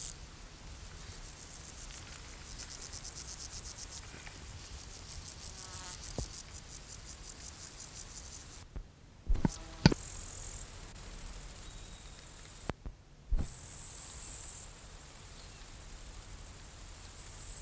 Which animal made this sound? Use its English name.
Meadow Grasshopper